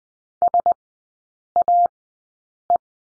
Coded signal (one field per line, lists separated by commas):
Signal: Morse code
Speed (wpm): 20 wpm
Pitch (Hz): 700 Hz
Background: none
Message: SAE